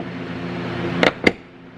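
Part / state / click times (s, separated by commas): hood strut end socket onto hood ball stud / seated / 1.3 s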